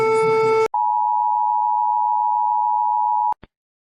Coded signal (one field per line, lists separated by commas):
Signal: Emergency Alert System (SAME) tones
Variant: 853 and 960 Hz attention tone